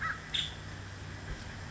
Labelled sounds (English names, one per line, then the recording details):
Nuttall's Woodpecker
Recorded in Sonoma County, California